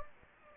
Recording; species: mosquito wingbeat signal from an infrared sensor; Anopheles gambiae